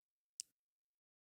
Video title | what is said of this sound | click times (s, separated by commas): Standard Digital Book Player Tutorial | with the finger hole towards you slide the cartridge into the slot until it clicks into place | 0.4 s